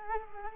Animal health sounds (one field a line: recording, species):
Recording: mosquito wingbeat signal from an infrared sensor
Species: Culex quinquefasciatus